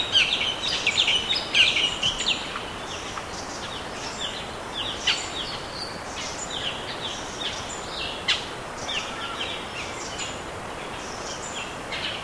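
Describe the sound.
Bird calls, scattered high chirps and short twitters over steady background noise.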